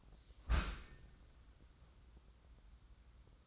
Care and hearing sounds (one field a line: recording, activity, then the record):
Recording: daily activity, microphone in the room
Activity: close dishwasher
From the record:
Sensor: 3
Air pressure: 994.4 hPa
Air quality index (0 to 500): 209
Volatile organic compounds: 1000 ppm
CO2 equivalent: 6999 ppm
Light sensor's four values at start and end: 203/490/207/208 and 206/497/210/211